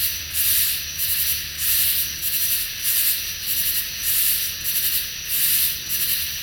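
Katydid chorus: harsh, sizzling rasps pulse steadily over a continuous thin high tone.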